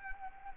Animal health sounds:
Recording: mosquito wingbeat signal from an infrared sensor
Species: Anopheles arabiensis

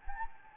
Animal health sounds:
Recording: mosquito wingbeat signal from an infrared sensor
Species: Anopheles gambiae

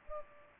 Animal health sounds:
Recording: mosquito wingbeat signal from an infrared sensor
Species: Culex pipiens

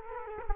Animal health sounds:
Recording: mosquito wingbeat signal from an infrared sensor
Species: Culex quinquefasciatus

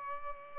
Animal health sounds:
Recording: mosquito wingbeat signal from an infrared sensor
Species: Culex pipiens

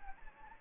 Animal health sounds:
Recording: mosquito wingbeat signal from an infrared sensor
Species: Anopheles gambiae

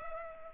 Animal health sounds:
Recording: mosquito wingbeat signal from an infrared sensor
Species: Culex pipiens

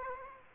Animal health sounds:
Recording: mosquito wingbeat signal from an infrared sensor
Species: Aedes aegypti

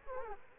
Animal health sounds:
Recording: mosquito wingbeat signal from an infrared sensor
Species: Aedes aegypti

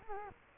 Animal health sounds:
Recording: mosquito wingbeat signal from an infrared sensor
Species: Culex quinquefasciatus

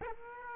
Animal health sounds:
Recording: mosquito wingbeat signal from an infrared sensor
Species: Aedes aegypti

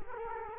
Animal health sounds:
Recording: mosquito wingbeat signal from an infrared sensor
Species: Culex quinquefasciatus

